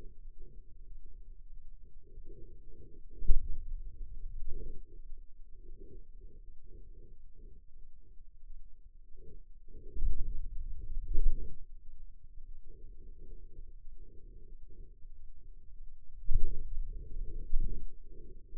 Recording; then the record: forearm muscle sounds (acoustic myography)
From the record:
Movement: pen grasping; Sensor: system 2, bracelet of six BSWA MPA416 microphones around the upper forearm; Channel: 5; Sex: male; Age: 22 years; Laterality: right